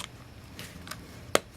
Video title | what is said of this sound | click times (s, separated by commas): Olympus Infinity Stylus Epic testing | the door and we heard it snap shut then | 1.3 s